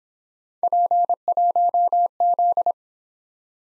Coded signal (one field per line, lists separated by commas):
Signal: Morse code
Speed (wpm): 23 wpm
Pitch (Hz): 700 Hz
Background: none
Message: P1Z